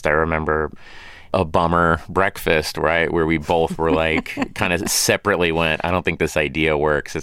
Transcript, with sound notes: I remember a bummer breakfast - right? - where we both were like... (Laughter) ...Kind of separately went, I don't think this idea works.